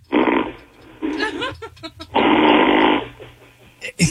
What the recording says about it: Kind of reminds me of wind. Kind of reminds me of someone just farting, really. There are certain snores where it just sounds like that.